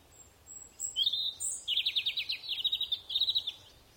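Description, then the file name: European robin song, a thin high phrase opening with a short warble, then a fast run of repeated notes in three quick bursts. "Erithacus rubecula"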